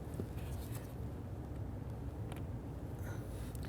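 The electrical wiring harness connector is handled as it is brought to the new MAP sensor on the intake manifold of a 2011-2021 Jeep Grand Cherokee 3.6L V6, with a steady low rumble and a few faint handling ticks near 2.3, 3.6 and 3.7 seconds. The clip ends before the connector goes home, so nothing has clicked or seated yet.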